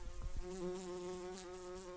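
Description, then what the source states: Brown-banded carder bee buzzing with a steady low hum and rich overtones, a few soft taps at the start, the drone holding level throughout. Worker bees.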